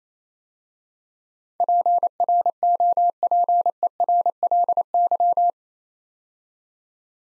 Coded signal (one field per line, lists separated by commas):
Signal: Morse code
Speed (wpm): 27 wpm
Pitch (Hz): 700 Hz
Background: none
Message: PROPERLY